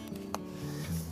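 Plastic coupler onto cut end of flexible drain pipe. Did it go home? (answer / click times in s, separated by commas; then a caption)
yes / 0.3 s. A plastic coupler is pulled onto the cut end of a flexible corrugated drain pipe, with a finger reaching through the back of it to draw the pipe in over a steady low hum. A faint tap at 0.2 s is followed by a sharp, bright click at 0.4 s as the coupler seats onto the pipe.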